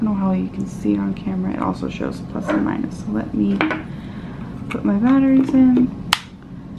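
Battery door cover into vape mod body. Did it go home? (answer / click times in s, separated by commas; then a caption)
yes / 6.1 s. Someone talks while putting batteries into a vape mod, then presses the battery door cover closed onto the mod body. It snaps shut with one sharp click at 6.1 s, seating the cover back in place as the screen turns on.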